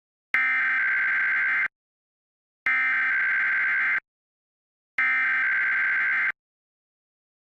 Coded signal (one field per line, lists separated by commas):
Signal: Emergency Alert System (SAME) tones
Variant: header bursts